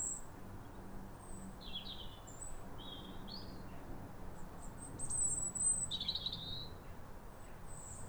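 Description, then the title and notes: European robin singing thin, high wistful phrases in short varied bursts, some sliding and trilled, over a steady low background hum. Pair of robins in neighbouring gardens singing in duet at a clear, calm New Year sunrise in winter after weeks of rain, welcoming the early sun. "A pair of robins in neighbouring gardens welcome the early sun with wistful phrases"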